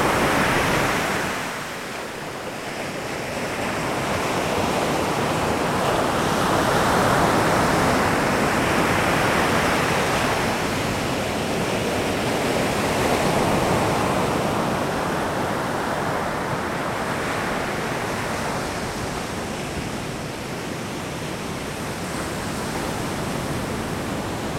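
Ocean waves wash in steadily, a dense rushing hiss that swells and recedes in slow surges, cresting around seven and thirteen seconds and again near eighteen. The surf sounds full, with a soft low rumble beneath the brighter spray.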